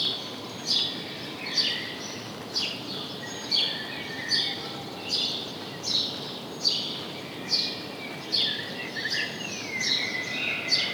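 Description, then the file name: House sparrow chirps, sharp notes repeated roughly every second in a loose rhythm, faint steady hiss underneath. "Passer domesticus"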